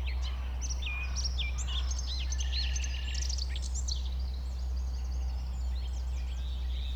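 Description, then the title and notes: Common nightingale singing varied phrases of looping whistles and quick up-down notes, other birds chirping faintly behind, constant low hum throughout. Nightingale, one of several settled on the banks of a stream forming a pond 1500 m from the A20, recorded around 8 am on Sunday 12 April. "Un Rossignol Envers Et Contre Tout. nous avons soutenu les efforts d'un rossignol venu avec quelques autres s'installer sur les rives d'un ruisseau formant un étang à 1500 mètres de l'A 20. Ces moments ont été enregistrés vers 8h le dimanche 12 avril"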